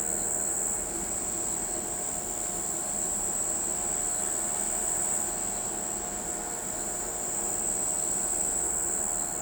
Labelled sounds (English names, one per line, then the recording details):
none
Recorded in pastures near Pivijay, Magdalena, Colombia, on 13 April 2023 at 04:00
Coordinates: 10.456, -74.369
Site P6-G026